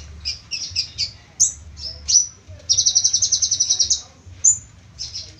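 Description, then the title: Small bird singing high chirps and sharp whistled notes, then a fast rattling trill lasting about a second, followed by a few scattered chirps. "Burung Kecil"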